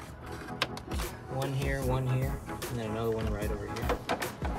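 A wire or hose is pressed into plastic retaining clips in the engine bay of a BMW E92 M3 during an underdrive pulley kit install, while someone talks. The line snaps into a retaining clip with one sharp click at 0.6 s and is seated.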